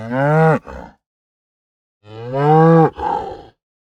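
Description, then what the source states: Cow giving two loud, strained moos about two seconds apart, each ending in a rough, breathy break. Aggressive, fast mooing.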